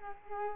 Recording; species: mosquito wingbeat signal from an infrared sensor; Culex quinquefasciatus